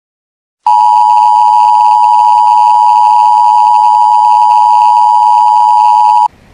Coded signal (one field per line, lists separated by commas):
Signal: Emergency Alert System (SAME) tones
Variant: 853 and 960 Hz attention tone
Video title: SVR 6/21/16 EAS #9